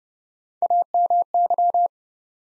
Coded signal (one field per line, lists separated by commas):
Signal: Morse code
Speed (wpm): 31 wpm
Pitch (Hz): 700 Hz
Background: none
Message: AMY